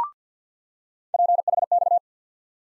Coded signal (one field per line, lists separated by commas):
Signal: Morse code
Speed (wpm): 50 wpm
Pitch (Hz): 700 Hz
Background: none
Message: PHX